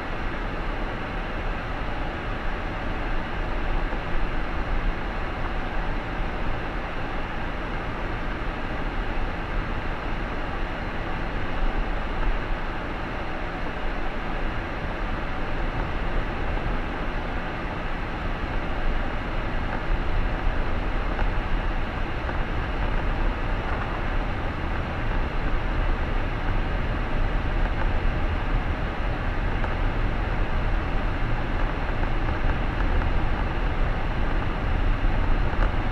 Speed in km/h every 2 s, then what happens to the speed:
15, 16, 17, 17, 17, 16, 15, 17, 21, 24, 27, 29, 30, 32, 33, 33, 34, 35.
0-12 steady at about 16. 12-23 speeds up to 30. 23-36 steady at about 33.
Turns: none.